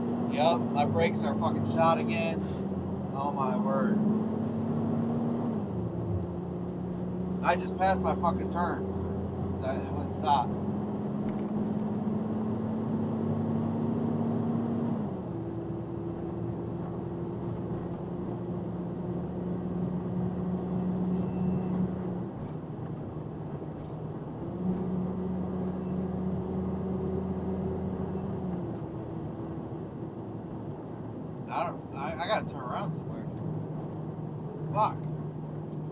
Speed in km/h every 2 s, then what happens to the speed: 39, 47, 55, 60, 66, 69, 74, 77, 81, 82, 85, 84, 85, 87, 89, 87, 85, 84.
0-27 speeds up to 89.